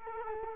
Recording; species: mosquito wingbeat signal from an infrared sensor; Culex quinquefasciatus